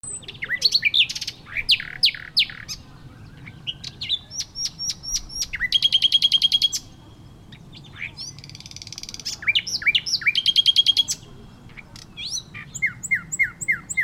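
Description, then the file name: Common nightingale singing a rich, varied sequence: loud chirps, whistled notes, fast pulsing trills and repeated descending whistles, over a faint low hum. "Luscinia megarhynchos"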